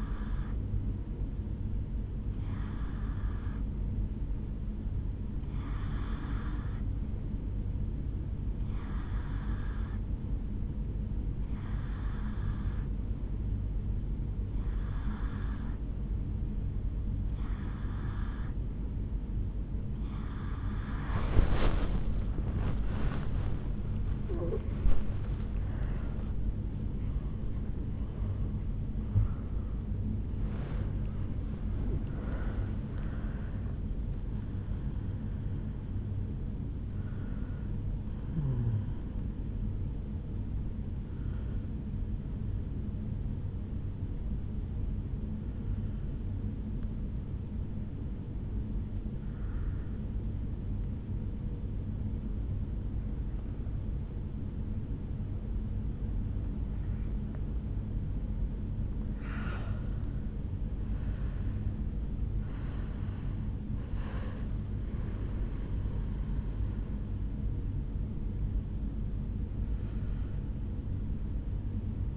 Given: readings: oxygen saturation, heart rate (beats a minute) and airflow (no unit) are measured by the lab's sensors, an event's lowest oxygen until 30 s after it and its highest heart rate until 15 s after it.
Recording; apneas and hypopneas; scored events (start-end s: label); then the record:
breathing in sleep by a smartphone at the bedside; 2
7.00-23.60 s: hypopnea (N1, oxygen 94% highest, then 93% lowest, heart rate 65 at the start, 80 highest)
14.00-44.00 s: new sleep stage, awake
17.00-44.00 s: awake
44.00-62.80 s: hypopnea (N1, oxygen 97% highest, then 94% lowest, heart rate 67 at the start, 78 highest)
44.00-72.17 s: new sleep stage, N1 (lightest sleep)
From the record:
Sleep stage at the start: N1 (lightest sleep); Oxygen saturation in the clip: 91 to 97%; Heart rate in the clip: 65 to 80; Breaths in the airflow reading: 19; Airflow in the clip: -6.7 to 8.5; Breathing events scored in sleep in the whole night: 449 in 7.0 hours asleep